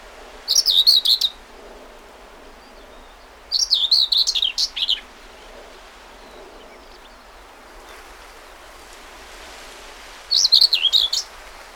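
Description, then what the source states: Common whitethroat song: three short scratchy, jerky warbling phrases of about a second each, high-pitched, spaced several seconds apart, with quiet background between. Recorded 20 May 2009.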